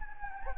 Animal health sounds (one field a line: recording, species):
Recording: mosquito wingbeat signal from an infrared sensor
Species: Anopheles gambiae